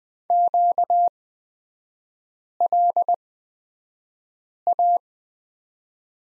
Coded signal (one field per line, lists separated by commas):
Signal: Morse code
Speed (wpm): 20 wpm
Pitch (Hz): 700 Hz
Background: none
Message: QLA